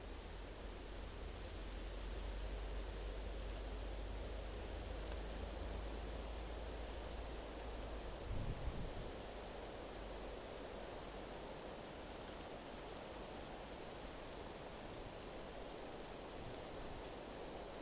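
A waterfall pours in a steady, dense rush, filling the lows and highs evenly with no gaps. Wind through trees blends into the constant roar. Around eight seconds a brief low thump stands out, then the even wash continues unchanged.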